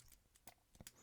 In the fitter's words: it just doesn't click down the only way one can get it to click down is pushing over the flip lock